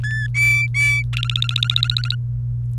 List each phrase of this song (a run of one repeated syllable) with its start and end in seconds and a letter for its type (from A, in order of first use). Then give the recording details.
0.03-1.02 A, 1.13-2.15 B. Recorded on 29 April 2018 at 17:47. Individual llb3